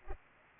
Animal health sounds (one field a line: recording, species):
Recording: mosquito wingbeat signal from an infrared sensor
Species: Culex pipiens